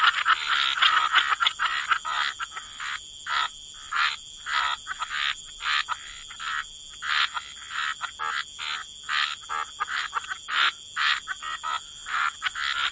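Frog chorus of many overlapping croaking calls, bursts pulsing roughly twice a second over a steady high tone.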